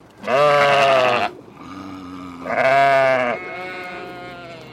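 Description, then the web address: English Leicester sheep bleating: two loud, wavering baas about two seconds apart, each roughly a second long, each followed by a quieter trailing bleat. English Leicester breed of sheep bleating. "Sound Effects-Foundation 1 ANIMAL SHEEP ENGLISH LEICESTER BAA"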